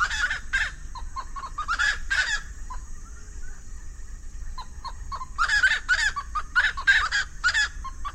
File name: Golosa ptic - Ryzheshapochnyj lesnoj pastushok Aramides albiventris